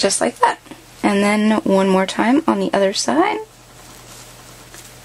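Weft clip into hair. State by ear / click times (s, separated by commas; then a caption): not seated / none. Someone talks while the side clip of a hair extension weft is placed in the hair before it is pushed shut. Only a soft, slowly decaying rustle follows the talking, and nothing has clicked shut yet.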